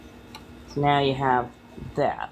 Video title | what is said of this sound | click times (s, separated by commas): Sanguine Salon | you pull up on this little tabby tab it allows this to pop into place and then you just let it go and it keeps it in place | 0.4 s